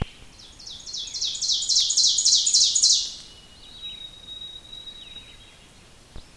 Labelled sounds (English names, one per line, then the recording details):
Ovenbird song
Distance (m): 15 m
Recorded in boreal forest in Alberta, Canada, on 5 June 2016 at 05:48
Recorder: SongMeter 3, array SBT-3-51
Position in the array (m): 271 m, 118 m
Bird 28